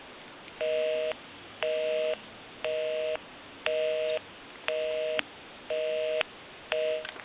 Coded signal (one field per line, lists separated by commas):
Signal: telephone call progress tone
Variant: North America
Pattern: busy tone